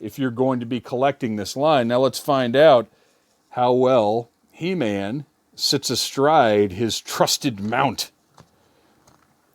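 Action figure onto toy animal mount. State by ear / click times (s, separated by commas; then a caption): partly seated / 8.4 s. A man talks for about eight seconds, then a plastic He-Man action figure is set astride his Battle Cat mount. A faint click at 8.4 s is followed by small taps around 9.1–9.2 s. The figure almost clicks into place but is not fully seated.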